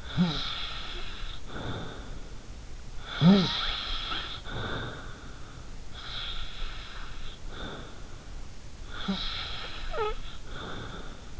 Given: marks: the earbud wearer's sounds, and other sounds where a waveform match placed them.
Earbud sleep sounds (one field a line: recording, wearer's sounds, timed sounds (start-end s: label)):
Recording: sounds in sleep by an in-ear microphone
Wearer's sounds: snoring breath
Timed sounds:
0.00-2.31 s: snoring breath
2.95-5.35 s: snoring breath
5.92-8.21 s: snoring breath
8.88-11.39 s: snoring breath